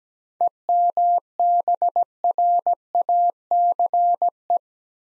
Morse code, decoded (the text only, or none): EMBRACE